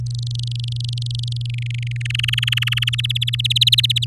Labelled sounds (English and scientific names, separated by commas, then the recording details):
Domestic Canary (Serinus canaria) song
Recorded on 9 May 2018 at 14:05
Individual llb16